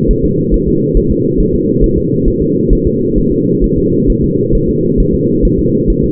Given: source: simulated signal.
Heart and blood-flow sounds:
fetal heart sounds
0.10 s: S1
0.25 s: S2
0.54 s: S1
0.68 s: S2
0.97 s: S1
1.11 s: S2
1.40 s: S1
1.55 s: S2
1.84 s: S1
1.98 s: S2
2.28 s: S1
2.42 s: S2
2.73 s: S1
2.87 s: S2
3.18 s: S1
3.32 s: S2
3.64 s: S1
3.78 s: S2
4.10 s: S1
4.24 s: S2
4.55 s: S1
4.69 s: S2
5.00 s: S1
5.14 s: S2
5.45 s: S1
5.59 s: S2
5.90 s: S1
6.04 s: S2
From the record:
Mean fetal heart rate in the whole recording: 135 bpm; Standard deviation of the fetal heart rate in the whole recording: 3 bpm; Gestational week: 36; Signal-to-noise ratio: -11.2 dB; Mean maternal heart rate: 72 bpm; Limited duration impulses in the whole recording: present

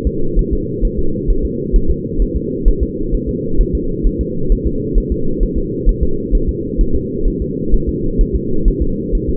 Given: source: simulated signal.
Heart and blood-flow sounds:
fetal heart sounds
0.07 s: S2
0.39 s: S1
0.53 s: S2
0.85 s: S1
0.99 s: S2
1.30 s: S1
1.45 s: S2
1.76 s: S1
1.90 s: S2
2.22 s: S1
2.37 s: S2
2.68 s: S1
2.83 s: S2
3.14 s: S1
3.29 s: S2
3.61 s: S1
3.75 s: S2
4.07 s: S1
4.21 s: S2
4.52 s: S1
4.67 s: S2
4.98 s: S1
5.12 s: S2
5.43 s: S1
5.58 s: S2
5.89 s: S1
6.03 s: S2
6.35 s: S1
6.49 s: S2
6.81 s: S1
6.95 s: S2
7.28 s: S1
7.42 s: S2
7.74 s: S1
7.89 s: S2
8.21 s: S1
8.36 s: S2
8.68 s: S1
8.82 s: S2
9.15 s: S1
9.29 s: S2
From the record:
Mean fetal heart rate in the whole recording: 130 bpm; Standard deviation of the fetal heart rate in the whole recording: 2 bpm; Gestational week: 38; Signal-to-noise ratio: -8.1 dB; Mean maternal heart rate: 72 bpm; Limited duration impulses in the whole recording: absent

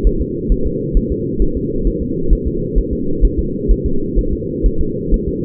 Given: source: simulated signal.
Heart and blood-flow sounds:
fetal heart sounds
0.07 s: S1
0.21 s: S2
0.52 s: S1
0.66 s: S2
0.97 s: S1
1.12 s: S2
1.42 s: S1
1.57 s: S2
1.87 s: S1
2.02 s: S2
2.33 s: S1
2.47 s: S2
2.78 s: S1
2.93 s: S2
3.25 s: S1
3.39 s: S2
3.71 s: S1
3.86 s: S2
4.19 s: S1
4.33 s: S2
4.66 s: S1
4.81 s: S2
5.14 s: S1
5.28 s: S2
From the record:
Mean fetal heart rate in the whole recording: 130 bpm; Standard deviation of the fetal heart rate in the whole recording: 2 bpm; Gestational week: 36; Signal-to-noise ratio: -8.1 dB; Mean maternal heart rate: 72 bpm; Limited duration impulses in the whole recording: absent

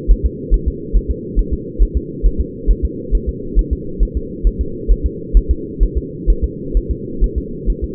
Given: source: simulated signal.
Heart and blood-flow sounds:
fetal heart sounds
0.11 s: S1
0.26 s: S2
0.54 s: S1
0.68 s: S2
0.96 s: S1
1.11 s: S2
1.39 s: S1
1.53 s: S2
1.82 s: S1
1.97 s: S2
2.26 s: S1
2.41 s: S2
2.70 s: S1
2.85 s: S2
3.15 s: S1
3.29 s: S2
3.59 s: S1
3.73 s: S2
4.03 s: S1
4.17 s: S2
4.47 s: S1
4.61 s: S2
4.91 s: S1
5.06 s: S2
5.37 s: S1
5.51 s: S2
5.83 s: S1
5.97 s: S2
6.30 s: S1
6.44 s: S2
6.77 s: S1
6.91 s: S2
7.24 s: S1
7.38 s: S2
7.70 s: S1
7.84 s: S2
From the record:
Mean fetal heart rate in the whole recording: 135 bpm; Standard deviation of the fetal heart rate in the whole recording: 3 bpm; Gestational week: 36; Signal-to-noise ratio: -4.3 dB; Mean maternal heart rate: 72 bpm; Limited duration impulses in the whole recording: present

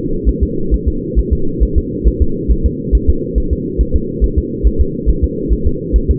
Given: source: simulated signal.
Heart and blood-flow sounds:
fetal heart sounds
0.29 s: S1
0.43 s: S2
0.74 s: S1
0.88 s: S2
1.19 s: S1
1.33 s: S2
1.63 s: S1
1.78 s: S2
2.08 s: S1
2.22 s: S2
2.51 s: S1
2.66 s: S2
2.95 s: S1
3.10 s: S2
3.38 s: S1
3.53 s: S2
3.81 s: S1
3.96 s: S2
4.24 s: S1
4.39 s: S2
4.67 s: S1
4.81 s: S2
5.10 s: S1
5.24 s: S2
5.53 s: S1
5.67 s: S2
5.96 s: S1
6.11 s: S2
From the record:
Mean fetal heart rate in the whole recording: 135 bpm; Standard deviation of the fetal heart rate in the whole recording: 3 bpm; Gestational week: 34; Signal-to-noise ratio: -8.1 dB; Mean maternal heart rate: 72 bpm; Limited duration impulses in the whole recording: absent

